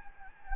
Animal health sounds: mosquito wingbeat signal from an infrared sensor; Anopheles gambiae

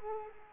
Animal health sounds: mosquito wingbeat signal from an infrared sensor; Culex quinquefasciatus

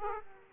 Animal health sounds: mosquito wingbeat signal from an infrared sensor; Aedes aegypti

